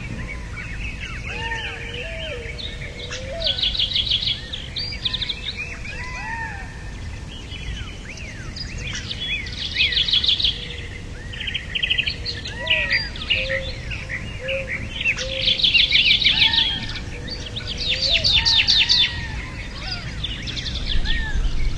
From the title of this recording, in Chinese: 群鸟鸣叫